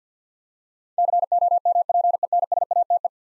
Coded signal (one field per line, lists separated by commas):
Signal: Morse code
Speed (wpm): 50 wpm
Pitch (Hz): 700 Hz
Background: none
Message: COMPENSATE